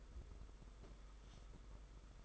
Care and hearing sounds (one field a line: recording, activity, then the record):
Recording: daily activity, microphone in the room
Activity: take from stove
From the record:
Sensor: 5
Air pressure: 991.2 hPa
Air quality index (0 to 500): 92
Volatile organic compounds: 11 ppm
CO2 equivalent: 2322 ppm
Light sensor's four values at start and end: 33/104/40/42 and 33/105/40/42